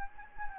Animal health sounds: mosquito wingbeat signal from an infrared sensor; Anopheles gambiae

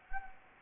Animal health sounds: mosquito wingbeat signal from an infrared sensor; Anopheles gambiae

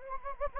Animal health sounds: mosquito wingbeat signal from an infrared sensor; Anopheles gambiae

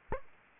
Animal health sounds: mosquito wingbeat signal from an infrared sensor; Aedes aegypti

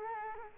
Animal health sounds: mosquito wingbeat signal from an infrared sensor; Culex quinquefasciatus

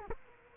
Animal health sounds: mosquito wingbeat signal from an infrared sensor; Culex quinquefasciatus

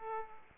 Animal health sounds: mosquito wingbeat signal from an infrared sensor; Aedes aegypti

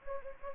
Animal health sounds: mosquito wingbeat signal from an infrared sensor; Anopheles gambiae

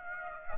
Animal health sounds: mosquito wingbeat signal from an infrared sensor; Aedes aegypti

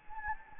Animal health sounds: mosquito wingbeat signal from an infrared sensor; Anopheles gambiae

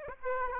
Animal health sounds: mosquito wingbeat signal from an infrared sensor; Aedes aegypti

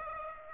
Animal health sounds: mosquito wingbeat signal from an infrared sensor; Aedes aegypti

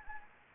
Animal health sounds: mosquito wingbeat signal from an infrared sensor; Anopheles gambiae

